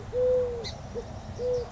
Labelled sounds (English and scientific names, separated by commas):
Eurasian Collared Dove (Streptopelia decaocto)